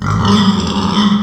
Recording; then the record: squeal of a Yucatan mini pig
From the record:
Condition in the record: after surgery on the right vocal fold (resection and tissue-engineered implant); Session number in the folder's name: 15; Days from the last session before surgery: 175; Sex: female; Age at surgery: 19 weeks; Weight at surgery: 25 kg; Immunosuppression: prednisolone